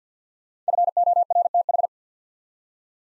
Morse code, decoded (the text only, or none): FORTH